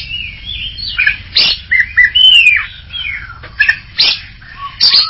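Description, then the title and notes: Greater green leafbird delivering a varied song: long whistled slurs, abrupt harsh bursts and short rising notes, in separate phrases with brief pauses. Champion singing bird, known locally as cucak ijo. "Kicau Burung Cucak Ijo Juara. Suara kicauan burung cucak ijo"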